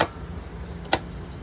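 The tilt-lock lever on an office chair's mechanism is pulled outward to unlock it. Sharp clicks sound at 0.0 s and 0.9 s over a steady low hum. The clicks confirm the tilt lock has released.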